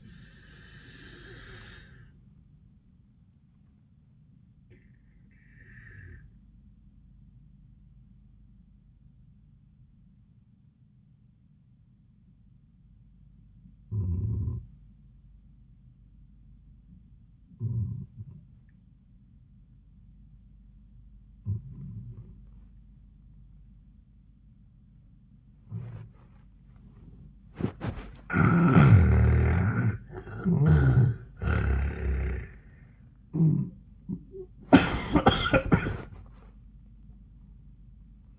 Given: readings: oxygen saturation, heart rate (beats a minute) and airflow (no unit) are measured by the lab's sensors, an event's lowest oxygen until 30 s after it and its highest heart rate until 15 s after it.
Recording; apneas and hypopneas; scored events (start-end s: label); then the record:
breathing in sleep by a smartphone at the bedside; 1
7.00-30.00 s: obstructive apnea (N2, oxygen 97% highest, then 78% lowest)
32.00-38.38 s: new sleep stage, N1 (lightest sleep)
From the record:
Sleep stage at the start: N2 (light sleep); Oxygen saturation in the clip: 79 to 97%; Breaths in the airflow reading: 3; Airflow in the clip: -26.1 to 9.7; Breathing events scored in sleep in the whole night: 400 in 8.7 hours asleep